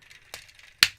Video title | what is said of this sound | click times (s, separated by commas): Power of the Primes - LEADER CLASS RODIMUS PRIME | there nice audible snap so | 0.8 s